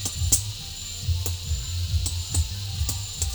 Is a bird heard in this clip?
no